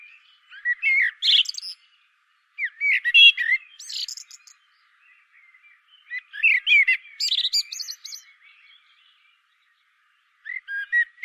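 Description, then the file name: Common blackbird delivering three warbling song phrases separated by pauses, mixing whistles with high thin squeaks, then starting a fourth. "Turdus merula"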